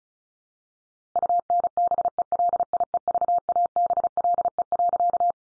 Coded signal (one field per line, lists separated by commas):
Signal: Morse code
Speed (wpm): 34 wpm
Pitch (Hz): 700 Hz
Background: none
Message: UNBELIEVABLE.